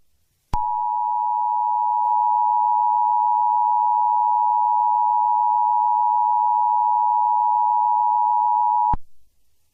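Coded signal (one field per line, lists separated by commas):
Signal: Emergency Alert System (SAME) tones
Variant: 853 and 960 Hz attention tone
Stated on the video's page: Fictional EAS scenario with valid tones.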